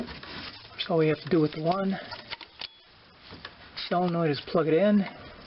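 A wiring harness connector is handled near the starter solenoid of a replacement starter on a 1.8L Toyota Corolla, ready to be plugged in. Someone talks, with a few brief, faint handling taps between the words. Nothing has seated or clicked yet.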